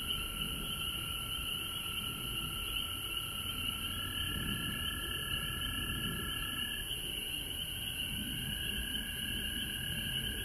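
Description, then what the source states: Frogs in full chorus, a continuous shrill trilling, joined midway by a drawn-out steady tone, with some low rumbling background noise. Recorded at home in Georgia on March 19, 2020.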